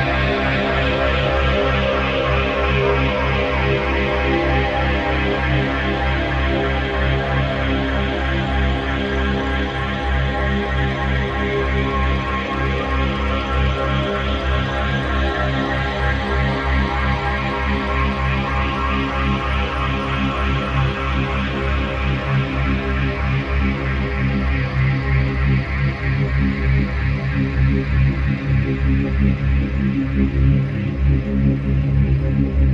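A full-spectrum binaural beat built on a low C# drone at 65.4 Hz with a 3.2 Hz beat. A dense, steady wash of stacked tones runs throughout with a fast, even flutter, while brighter upper layers slowly sweep up and down.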